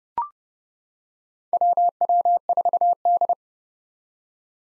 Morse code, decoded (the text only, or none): WW4D